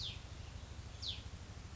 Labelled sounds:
Hutton's Vireo (Vireo huttoni)
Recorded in Sonoma County, California

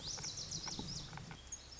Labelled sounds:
Lazuli Bunting (Passerina amoena)
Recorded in Sonoma County, California

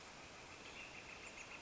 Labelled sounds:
Northern Flicker (Colaptes auratus)
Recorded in Sonoma County, California

